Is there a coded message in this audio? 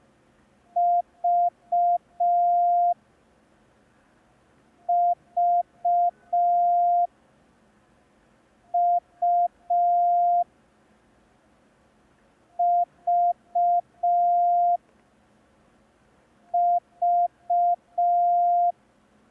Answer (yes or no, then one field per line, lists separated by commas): yes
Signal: Morse code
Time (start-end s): 0.8-18.7 s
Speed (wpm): 5 wpm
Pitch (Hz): 700 Hz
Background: none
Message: V V U V V